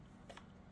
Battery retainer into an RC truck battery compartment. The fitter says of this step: then that locks in place